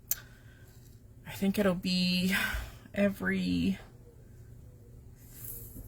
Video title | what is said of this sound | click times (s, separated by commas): Crafty Live ~ Easy Peasy Holly Cards | it will click into into place. So it clicks um | 0.1 s